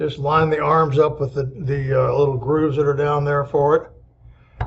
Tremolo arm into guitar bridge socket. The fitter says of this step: snaps right in and then just stays wherever you leave it also